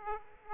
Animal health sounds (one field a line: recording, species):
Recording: mosquito wingbeat signal from an infrared sensor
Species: Aedes aegypti